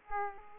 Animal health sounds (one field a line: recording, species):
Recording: mosquito wingbeat signal from an infrared sensor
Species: Aedes aegypti